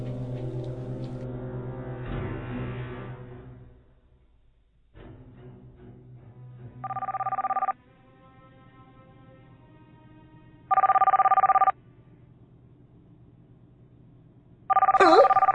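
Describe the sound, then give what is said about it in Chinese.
A phone rings in a cinema during a film, though its owner claims it was switched off, in three loud, steady, mid-pitched bursts, each about a second long and evenly spaced, after a stretch of voices and low background rumble. “明明熄个机喎，都仲响啊！”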